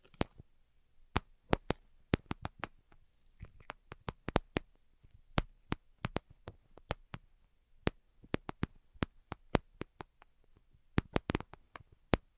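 Crisp tapping sounds with no talking, each tap a sharp, bright click. The taps come irregularly, roughly two or three per second, sometimes in quick clusters of two or three, with short silent gaps between. A faint low hum sits steadily underneath.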